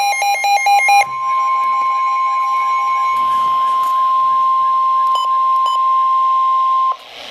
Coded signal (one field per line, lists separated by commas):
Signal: Emergency Alert System (SAME) tones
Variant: 1050 Hz attention tone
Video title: Severe T'Storm Warning (EAS #438)